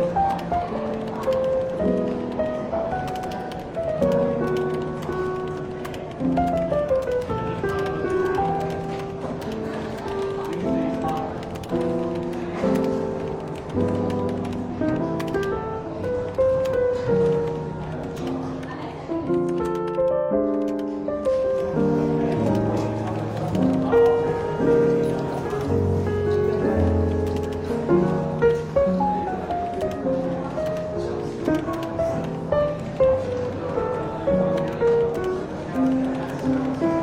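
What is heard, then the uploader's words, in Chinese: Soft, relaxed jazz fills a café setting, with a steady walking bass line and mellow, warm chords moving in clear stepped notes. The music stays even and unhurried, easing briefly near twenty seconds, while faint murmuring voices and light clinks sit low underneath. 伦敦书店咖啡馆轻微喧闹氛围与柔和轻松的爵士背景音乐。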